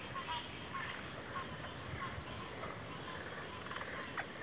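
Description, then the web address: Constant shrill cricket chorus forms an unbroken high trill, with only faint, sparse chirps from other animals heard below it. Chorus of crickets in a backwater, from a nature sleep-sounds collection. "WLL Grade 1-12 Pre-Uni Library Enter Natures Songs Sleep Sounds of Nature CRICKETS Backwater Chorus"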